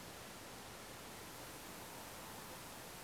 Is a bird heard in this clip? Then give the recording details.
no. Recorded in France